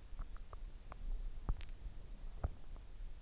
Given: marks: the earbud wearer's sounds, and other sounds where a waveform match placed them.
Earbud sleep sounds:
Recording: sounds in sleep by an in-ear microphone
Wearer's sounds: teeth grinding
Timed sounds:
0.00-3.00 s: teeth grinding

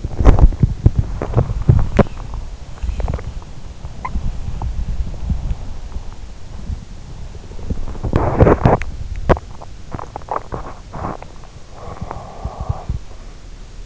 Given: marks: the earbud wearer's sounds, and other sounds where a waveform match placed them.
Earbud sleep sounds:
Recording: sounds in sleep by an in-ear microphone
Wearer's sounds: body movement, swallowing, breath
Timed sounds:
0.00-13.86 s: body movement
9.31-10.60 s: swallowing
11.48-13.12 s: breath

